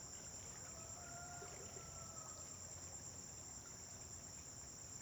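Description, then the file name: Crickets trilling steadily at high pitch, with a faint drawn-out rooster crow in the middle, over low background rumble. Crickets on a farm at dawn, with vehicles passing on a distant road. "Amanhecer na fazenda com grilos veiculos passando em estrada longe"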